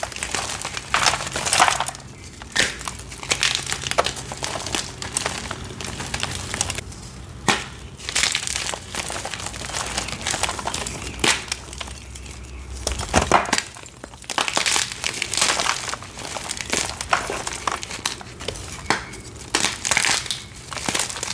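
Dyed gym chalk is crushed in dense, irregular crackling bursts, with sharp crunchy snaps throughout and a louder cluster around thirteen seconds.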